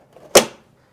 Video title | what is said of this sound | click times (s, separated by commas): How to: OEM NSX Side Skirts - 1991-2005 | It'll snap right in. | 0.4 s